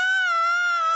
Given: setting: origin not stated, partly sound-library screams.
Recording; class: one-second piece from a danger detection set; woman in danger